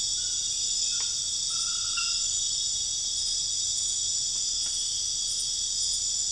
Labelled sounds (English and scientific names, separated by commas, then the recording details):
none
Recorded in dense forest near Puerto Asís, Putumayo, Colombia, on 9 March 2025 at 01:30
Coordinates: 0.484, -76.325
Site G045